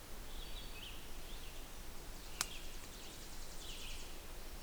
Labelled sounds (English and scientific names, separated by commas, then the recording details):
Red-eyed Vireo (Vireo olivaceus) song
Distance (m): 130 m
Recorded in boreal forest in Alberta, Canada, on 16 June 2016 at 08:47
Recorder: SongMeter 3, array SBT-3-32
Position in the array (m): 47 m, 13 m